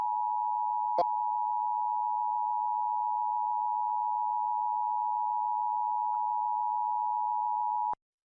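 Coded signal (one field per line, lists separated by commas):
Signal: Emergency Alert System (SAME) tones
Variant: 853 and 960 Hz attention tone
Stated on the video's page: Severe Thunderstorm Warning EAS alert broadcast on TV station WYBE, taken from an archived recording.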